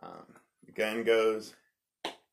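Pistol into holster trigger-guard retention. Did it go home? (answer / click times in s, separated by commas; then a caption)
yes / 2.1 s. Someone talks while a pistol is pushed back into an Urban Carry G3 holster. At 2.1 s the pistol snaps into the holster's trigger-guard retention with a single sharp click, and it is seated.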